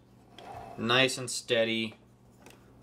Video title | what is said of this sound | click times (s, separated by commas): Ohsama Sentai King Ohger - DX Cicada Blade - A Big Bad Review | matching little grid on here and they just click right in nice | 0.4 s